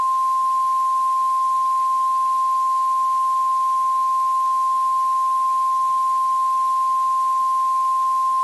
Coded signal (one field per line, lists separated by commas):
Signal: Emergency Alert System (SAME) tones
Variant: 1050 Hz attention tone